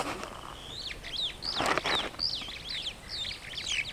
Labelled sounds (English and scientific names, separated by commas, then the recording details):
Superb Starling (Lamprotornis superbus) flight call
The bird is a male
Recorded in Kenya on 26 June 2010
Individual 46, of group MRC1